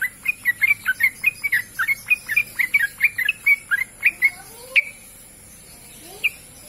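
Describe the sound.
Bird song: a quick run of sharp, high chirps repeated about four times a second for nearly five seconds, then a pause and one lone chirp, over faint background hiss.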